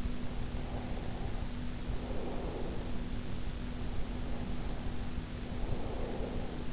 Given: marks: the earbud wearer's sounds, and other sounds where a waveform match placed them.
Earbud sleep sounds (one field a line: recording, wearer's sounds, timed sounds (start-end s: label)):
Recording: sounds in sleep by an in-ear microphone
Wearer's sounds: breath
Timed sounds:
0.18-3.19 s: breath
3.72-6.73 s: breath